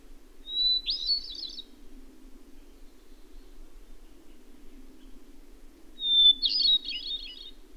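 Bird song: two similar phrases about five seconds apart, each a short whistle breaking into a fast twittering warble, over a quiet low hum.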